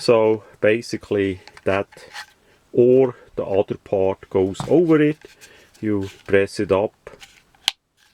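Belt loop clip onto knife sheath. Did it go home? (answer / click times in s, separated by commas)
yes / 7.7 s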